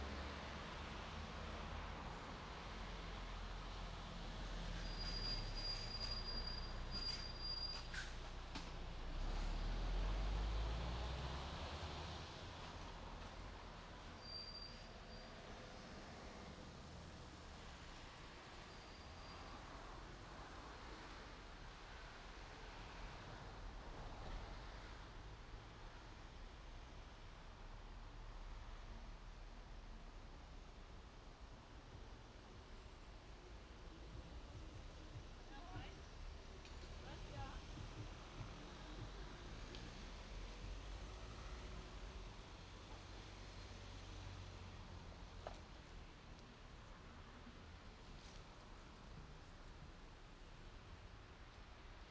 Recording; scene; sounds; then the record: everyday scene through a hearing-aid microphone; in traffic; traffic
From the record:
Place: main road on the outskirts, rush hour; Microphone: in the ear canal, right